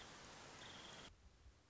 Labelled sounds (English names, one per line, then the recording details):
Nuttall's Woodpecker
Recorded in Sonoma County, California